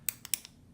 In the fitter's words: can hear it lock and then that's actually the mechanism that locks the instrument